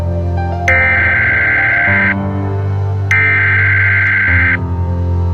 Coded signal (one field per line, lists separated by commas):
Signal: Emergency Alert System (SAME) tones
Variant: header bursts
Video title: EAS Scenario Among Us Remastered Preview